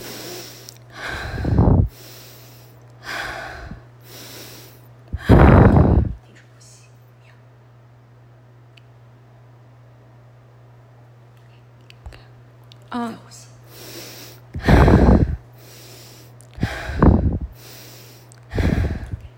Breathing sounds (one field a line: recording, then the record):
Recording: deep breathing after running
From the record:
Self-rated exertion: light exertion (2 of 6)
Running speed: 6 miles an hour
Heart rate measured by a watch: 95 beats a minute at the start, 101 at the end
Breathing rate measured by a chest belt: 18 breaths a minute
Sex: female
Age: 30 years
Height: 160 cm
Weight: 51 kg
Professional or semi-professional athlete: no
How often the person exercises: 3 to 5 times a week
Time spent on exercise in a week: over 5 hours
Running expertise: no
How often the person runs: 3 to 5 times a week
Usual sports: running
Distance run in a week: 60 km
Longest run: 42 km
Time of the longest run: 267 minutes